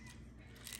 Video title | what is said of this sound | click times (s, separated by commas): How to Fix a Non-Working BB Magazine for the Full Auto SBR CO2 Air Rifle - Loading & Shooting Guide | and then that kind of like pops into place. | 0.7 s, 0.8 s